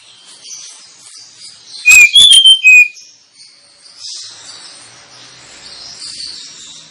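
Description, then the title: Oriental magpie-robin song, one loud second-long run of bright whistled notes, amid soft high background sound. Kacer lure recording intended to provoke kacer birds into fighting song; singing described as ngotot, full tembakan, ngeplong and gacor. "Kacer Langsung Tarung Konslet KACER NGOTOT FULL TEMBAKAN. Kacer dimana SAJA Bakalan NGEPLONG GACOR dengan Pancingan Kacer ini"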